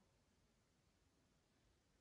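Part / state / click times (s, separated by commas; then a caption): plastic front fairing into a scale model motorcycle body / not seated / none. The plastic front fairing of a scale model Yamaha YZR-M1 motorcycle is being handled and pushed onto the body so its small peg goes into its hole. Only a steady low hiss is heard, with no distinct sounds. Nothing has seated or clicked yet.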